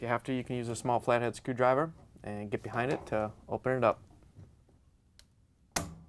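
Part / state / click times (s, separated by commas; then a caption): plastic clamp holding the drain hose on the washing machine / released / 5.8 s. A small flat-head screwdriver is worked behind the plastic clamp holding the drain hose (part 280190) on a Whirlpool/KitchenAid/Maytag washing machine. Someone talks for the first four seconds, then a quiet stretch follows with a faint tick at 5.2 s. A loud, sharp snap at 5.8 s is the clamp releasing open.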